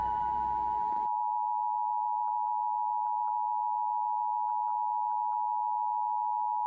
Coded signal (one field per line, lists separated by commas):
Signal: Emergency Alert System (SAME) tones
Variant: 853 and 960 Hz attention tone